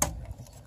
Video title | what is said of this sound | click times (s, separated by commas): How To Fix Jeep Wrangler Misfire Code P0306 | dip right in place snaps right in that snapped in that snapped in so | 0.0 s